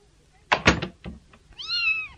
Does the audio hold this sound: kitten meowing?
yes